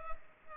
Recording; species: mosquito wingbeat signal from an infrared sensor; Culex pipiens